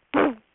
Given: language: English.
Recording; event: throat vibration sensor signal played as sound; throat clearing